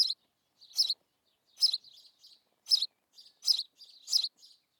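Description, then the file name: House sparrow chirping, harsh chirps spaced irregularly, separated by softer twittering notes. "Passer domesticus"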